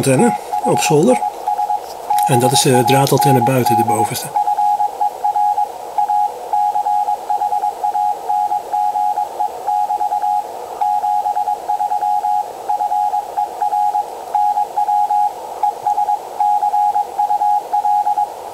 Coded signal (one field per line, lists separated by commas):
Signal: Morse code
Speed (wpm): 21 wpm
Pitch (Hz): 830 Hz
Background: speech, radio noise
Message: THIS BAND FER A CHANGE<BT> 73 FER NW ESCUL